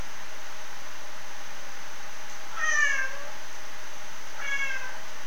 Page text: Vocalisations of Rusty-spotted Cats Prionailurus rubiginosus (Mammalia: Carnivora: Felidae) in Frankfurt Zoo Vera Pfannerstill, Johannes Köhler, Sabrina Linn